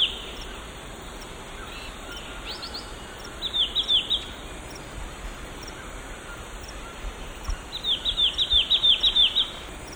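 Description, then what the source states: Lemon-chested greenlet giving two separate rapid series of clear down-slurred notes, a short one and then a longer one, with rhythmic insect pulses and droning above. Eastern lowlands of South America.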